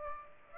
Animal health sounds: mosquito wingbeat signal from an infrared sensor; Aedes aegypti

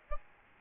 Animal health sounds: mosquito wingbeat signal from an infrared sensor; Aedes albopictus

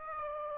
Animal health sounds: mosquito wingbeat signal from an infrared sensor; Aedes aegypti

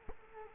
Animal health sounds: mosquito wingbeat signal from an infrared sensor; Culex quinquefasciatus

